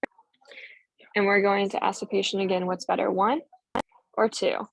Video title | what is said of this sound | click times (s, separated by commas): Retinoscopy & Subjective Refraction Video | go until it clicks so it's the dots are straddling the access here and | 0.0 s